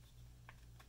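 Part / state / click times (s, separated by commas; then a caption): knife into its sheath / not seated / none. A knife is handled against its sheath, with faint ticks around 0.5 s and 0.8 s over a steady low hum. Nothing has seated or clicked yet.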